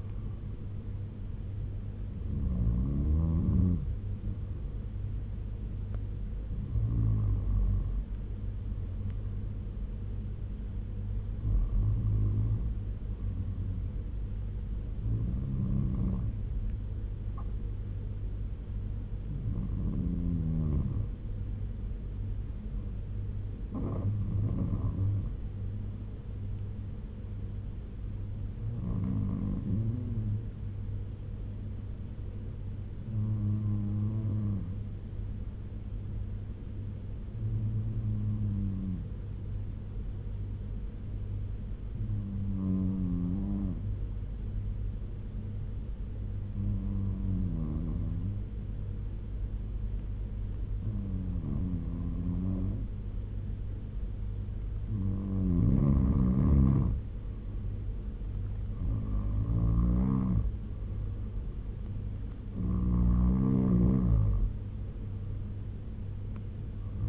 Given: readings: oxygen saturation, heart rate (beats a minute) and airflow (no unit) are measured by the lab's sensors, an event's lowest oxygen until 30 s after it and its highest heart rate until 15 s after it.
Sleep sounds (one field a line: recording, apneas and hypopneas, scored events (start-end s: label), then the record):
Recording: breathing in sleep by a smartphone at the bedside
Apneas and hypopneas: 1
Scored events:
22.00-56.10 s: hypopnea (N2, oxygen 95% highest, then 86% lowest, heart rate 74 at the start, 82 highest)
From the record:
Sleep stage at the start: N2 (light sleep)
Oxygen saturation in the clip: 86 to 95%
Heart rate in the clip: 65 to 82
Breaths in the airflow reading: 15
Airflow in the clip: -7.2 to 4.8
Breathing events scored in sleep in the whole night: 201 in 6.5 hours asleep